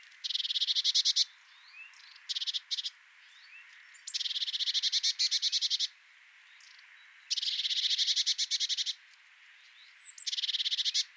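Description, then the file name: Eurasian blue tit repeating harsh, rapid churring rattles in several bursts, with faint thin notes between them. "Cyanistes caeruleus"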